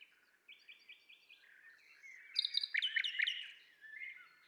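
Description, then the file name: Common nightingale song: soft slurred phrases, then a loud burst of rapid repeated ringing notes, ending with quieter notes. "Luscinia megarhynchos"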